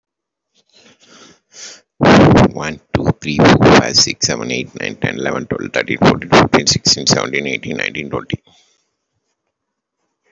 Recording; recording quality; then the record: counting at a fast pace; excellent, no background noise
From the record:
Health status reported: healthy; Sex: male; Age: 52 years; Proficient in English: yes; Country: India